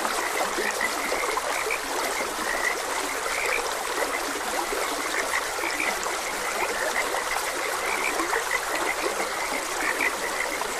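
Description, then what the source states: Frog chorus of many quick, overlapping croaks pulsing without pause, set against the constant splashing hiss of running water. Frogs croaking beside a gentle stream.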